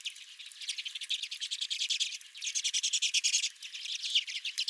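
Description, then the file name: Redpoll calls in a rapid twittering stream, many dry chips overlapping, with a short dip before the chatter resumes. Several redpolls at the recordist's own feeder. "Redpolls at My Feeder"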